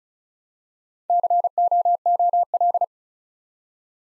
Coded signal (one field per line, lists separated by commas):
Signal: Morse code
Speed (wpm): 36 wpm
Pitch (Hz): 700 Hz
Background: none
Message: COOL